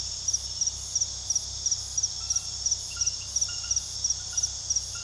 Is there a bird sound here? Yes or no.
no